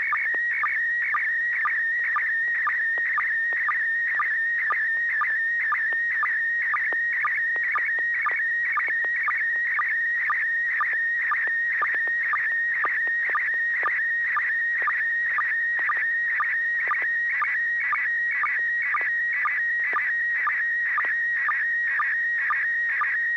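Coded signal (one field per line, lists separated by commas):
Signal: SSTV (slow-scan television)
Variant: PD120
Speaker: go ahead and send a picture when you're ready Joel thank you in 6mf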